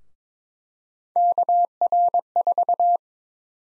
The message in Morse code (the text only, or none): KR4